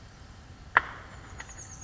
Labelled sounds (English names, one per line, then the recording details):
Chestnut-backed Chickadee
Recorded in Sonoma County, California